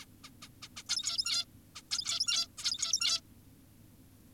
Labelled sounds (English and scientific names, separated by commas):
Zebra Finch (Taeniopygia guttata)